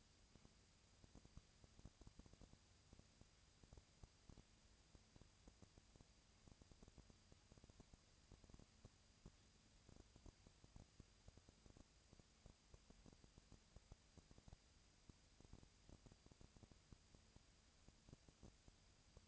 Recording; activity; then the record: daily activity, microphone in the room; no activity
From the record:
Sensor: 2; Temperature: 20.1 degrees Celsius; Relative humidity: 35.5%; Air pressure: 996.9 hPa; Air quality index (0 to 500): 197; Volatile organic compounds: 30 ppm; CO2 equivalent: 2958 ppm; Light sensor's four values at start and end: 2/3/2/2 and 2/3/2/2